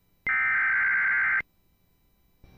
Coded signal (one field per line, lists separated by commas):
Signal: Emergency Alert System (SAME) tones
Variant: header bursts